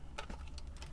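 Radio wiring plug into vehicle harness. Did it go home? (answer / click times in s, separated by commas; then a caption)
yes / 0.2 s. The small black plastic end of a radio wiring plug is pushed into the vehicle's harness socket below, and it gives a sharp snap at 0.2 s. Several softer clicks and ticks follow over a low steady hum. The plug seats into the harness, and the snap confirms it.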